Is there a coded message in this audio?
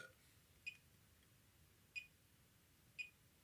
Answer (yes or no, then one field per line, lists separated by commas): no